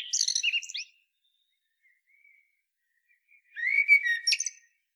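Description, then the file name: Common blackbird giving two brief phrases, a scratchy high twitter and then a fluted whistle with a sharp squeak, separated by a quiet gap. "Turdus merula"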